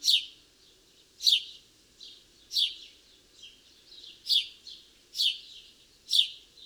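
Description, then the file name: House sparrow giving loud chirps about once a second, with quieter twittering notes filling the gaps. "Passer domesticus"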